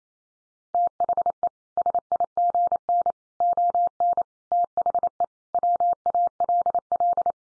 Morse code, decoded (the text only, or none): THE SIGN ON THE WALL